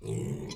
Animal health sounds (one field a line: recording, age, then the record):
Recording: pig call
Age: weaner (32 to 43 days)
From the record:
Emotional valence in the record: negative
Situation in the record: short isolation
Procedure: open field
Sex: female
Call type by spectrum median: low-frequency call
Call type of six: mixed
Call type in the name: high-frequency modulated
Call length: 0.55 s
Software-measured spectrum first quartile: 151 Hz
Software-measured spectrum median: 343 Hz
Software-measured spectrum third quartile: 1077 Hz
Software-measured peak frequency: 139 Hz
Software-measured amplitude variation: 157 dB a second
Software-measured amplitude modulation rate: 26.2 a second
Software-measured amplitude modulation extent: 6.0 dB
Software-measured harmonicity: 4.2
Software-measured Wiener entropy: -1.84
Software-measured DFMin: 1041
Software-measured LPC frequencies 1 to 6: 325, 2181, 2728, 3320, 4078, 5189 Hz